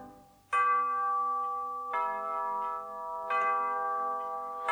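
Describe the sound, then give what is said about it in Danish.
A bell rings alone with three evenly spaced strikes, each a bright, mid-pitched clang whose overlapping tones hum and sustain until the next stroke. “Mens dagene gik deres talsomme gang, der saknedes klokkernes klang. Til sidst blev vor klokker et fælgammel gnav. Det kendtes på klangen, som klokkerne gav.”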